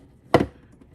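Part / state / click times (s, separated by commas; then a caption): plastic playset base section into the adjoining base section / seated / 0.3 s. A plastic base section of a Rainbow High Color Change Pool & Beach doll playset is pushed into the adjoining base section. A sharp snap sounds at 0.3 s, with a faint tick at 0.8 s. The pieces are seated and the joint is very sturdy.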